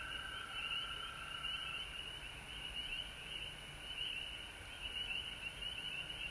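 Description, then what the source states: Frogs chorusing, dense high trills overlapping continuously over a lower steady band. Several frogs recorded at home in Georgia on March 19, 2020.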